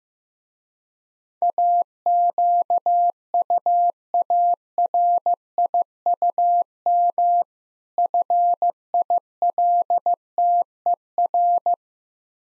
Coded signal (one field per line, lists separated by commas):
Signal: Morse code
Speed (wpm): 15 wpm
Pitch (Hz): 700 Hz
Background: none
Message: AQUARIUM FILTER